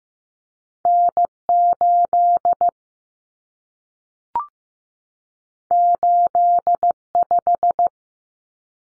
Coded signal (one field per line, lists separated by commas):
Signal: Morse code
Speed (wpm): 15 wpm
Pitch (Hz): 700 Hz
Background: none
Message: N8 85